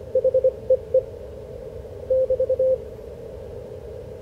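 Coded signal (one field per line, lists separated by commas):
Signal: Morse code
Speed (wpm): 26 wpm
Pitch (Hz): 530 Hz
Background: none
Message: HEE <BT>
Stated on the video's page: HF Morse code ragchew between oldtimers on a Sunday morning.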